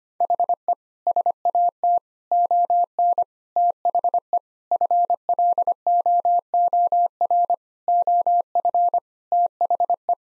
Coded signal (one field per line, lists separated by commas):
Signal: Morse code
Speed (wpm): 25 wpm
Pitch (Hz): 700 Hz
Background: none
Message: HE SAT ON THE FLOOR OF THE